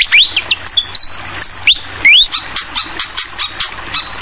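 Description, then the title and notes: Fantail song opening with clear rising and level whistles, then turning into a quick train of sharp high chips over a background hiss of water. Tutoring track (masteran) for training songbirds, featuring a clear-voiced fantail mixed with the sound of flowing water. "Masteran Sikatan Kipas Suara Jernih Dan Suara Gemericik Air. Suara Burung Sikatan Londo"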